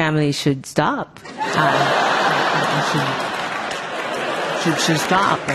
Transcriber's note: laughter